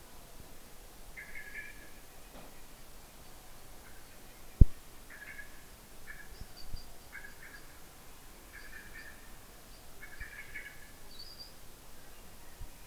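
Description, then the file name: Common blackbird giving brief chattering call notes in irregular bursts, with a sharp knock midway and soft ambient noise beneath. "Turdus merula"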